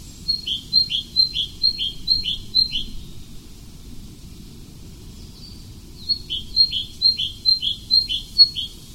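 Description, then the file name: Tit singing a rapid series of high-low two-note phrases, about six in a row, a pause of about three seconds, then another run of similar phrases, with low background rumble. "Meise"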